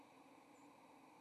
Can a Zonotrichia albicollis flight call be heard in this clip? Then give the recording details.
yes. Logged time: 07:43 on 30 October 2014